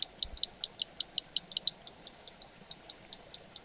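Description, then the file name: Rain frog call: a fast series of high, short clicking notes, louder in the first half and weaker afterwards. "P arcanus call"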